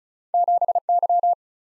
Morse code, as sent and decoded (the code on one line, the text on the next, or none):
--... -.--
7Y